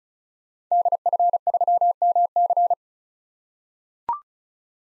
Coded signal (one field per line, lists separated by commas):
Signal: Morse code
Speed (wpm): 36 wpm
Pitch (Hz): 700 Hz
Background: none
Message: DF3MC